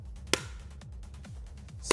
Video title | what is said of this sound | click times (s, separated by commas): How to Install M-Style Mirror Covers on Any BMW (Easy DIY) | Satisfying click, and | 0.3 s, 1.9 s